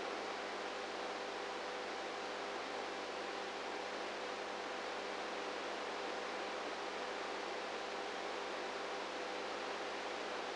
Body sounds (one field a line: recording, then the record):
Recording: brain microelectrode recording played as sound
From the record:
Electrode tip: inside the subthalamic nucleus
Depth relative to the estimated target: -2 mm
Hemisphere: right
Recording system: NeuroSet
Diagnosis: Parkinson's disease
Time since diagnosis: 19 years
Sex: female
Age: 58 years